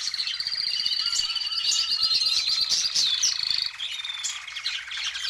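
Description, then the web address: Canary singing a continuous rapid song of high trills and repeated notes, with a brief dip before the song resumes. "Madacy Music Group Inc 292 Sound Effects. Birds, Canary"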